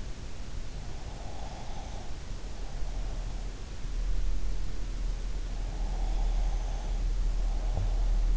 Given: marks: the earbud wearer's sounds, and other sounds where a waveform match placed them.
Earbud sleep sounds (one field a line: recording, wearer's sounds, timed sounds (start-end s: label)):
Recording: sounds in sleep by an in-ear microphone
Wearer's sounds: breath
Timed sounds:
0.87-3.79 s: breath
5.94-8.37 s: breath